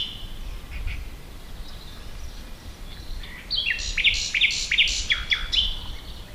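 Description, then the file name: Common nightingale song: a quiet opening with soft notes, then a loud series of repeated sweeping chirps. "Luscinia megarhynchos"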